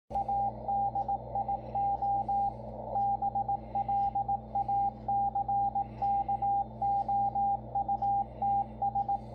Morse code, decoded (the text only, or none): ADIO BLACKOUTS